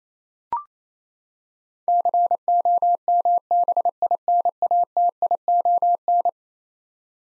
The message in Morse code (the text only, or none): COMBINATION